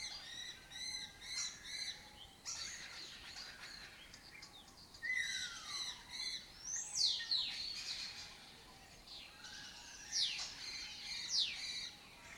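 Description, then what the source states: Lesser kestrels open with a quick run of repeated harmonic notes, followed by scattered high calls that sweep down in pitch. Breeding colony in an abandoned building complex in Doñana; migratory raptor that forages in West Africa and breeds in southern Europe.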